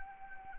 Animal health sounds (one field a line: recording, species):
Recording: mosquito wingbeat signal from an infrared sensor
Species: Anopheles arabiensis